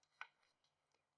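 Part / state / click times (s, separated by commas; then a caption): U-joint retaining clip into axle shaft yoke / seated / 0.2 s. A steel retaining clip (snap ring) is pressed into its groove on the U-joint cap of the front axle shaft yoke on a 2005-2023 Ford F250/F350 4x4 Dana 60 front axle. It snaps into place with a sharp click at 0.2 s, followed by faint ticks and rubbing. The clip is seated, and its edge is checked to sit on the machined ledge.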